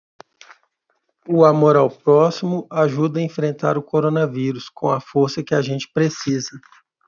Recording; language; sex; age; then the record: spoken sentence; Brazilian Portuguese; male; 30 to 39 years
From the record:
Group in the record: control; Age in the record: 38 years